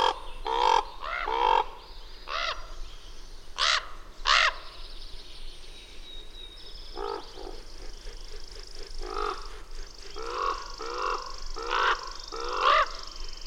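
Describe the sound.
Bird giving spaced harsh, croaking calls singly and in pairs, with a thin high whistled note running through the middle section.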